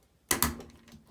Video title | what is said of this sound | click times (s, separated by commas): Easy DIY Fix: Washing Machine Clothes Agitator Step-By-Step Repair (Kenmore, Whirlpool and Maytag) | clicked right into place | 0.3 s, 0.4 s